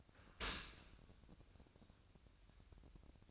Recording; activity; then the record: daily activity, microphone in the room; open dishwasher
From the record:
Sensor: 2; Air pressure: 1003.0 hPa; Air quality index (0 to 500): 199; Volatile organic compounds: 6 ppm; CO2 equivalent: 1893 ppm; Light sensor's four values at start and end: 24/58/25/28 and 24/58/25/28